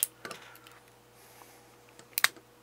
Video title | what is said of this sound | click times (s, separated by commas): Mastermind Creations - R06 TIGRIS | there we go go you heard that click into place | 2.2 s